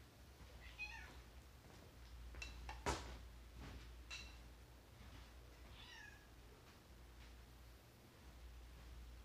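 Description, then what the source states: Cat giving two short meows, one early and one later, between light knocks and a sharp tap. Domestic cat being looked after while pet sitting.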